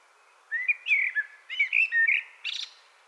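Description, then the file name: Common blackbird song: a rich, fluty warbled phrase of several whistled notes, ending in a higher squeaky twitter. "Turdus merula"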